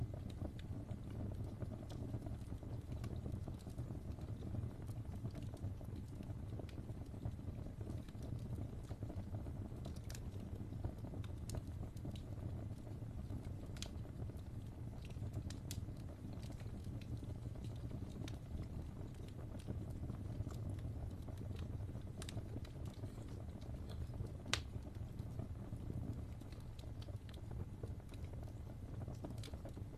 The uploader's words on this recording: Sink into deep relaxation with the warm and comforting sounds of a crackling log fire.